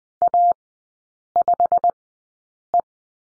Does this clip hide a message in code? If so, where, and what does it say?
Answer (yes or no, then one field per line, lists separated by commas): yes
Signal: Morse code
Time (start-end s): 0.2-2.8 s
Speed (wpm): 20 wpm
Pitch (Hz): 700 Hz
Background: none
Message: A5E